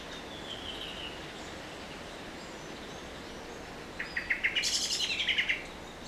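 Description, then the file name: Common blackbird giving a quick burst of harsh, chattering high notes in the last two seconds, after a faint thin whistle, over steady background hiss. "Turdus merula"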